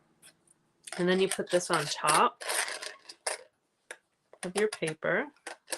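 Someone talks while handling a thin metal cutting die and a plastic embossing folder with paper inside, setting the die on top so it can snap into place and cut and emboss in one pass. A few brief taps and handling sounds come between the speech. Nothing has clicked or seated yet.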